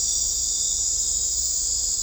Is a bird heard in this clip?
no